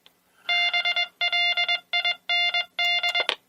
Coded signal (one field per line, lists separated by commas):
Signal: Morse code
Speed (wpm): 21 wpm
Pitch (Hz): 2100 Hz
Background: none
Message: BLIND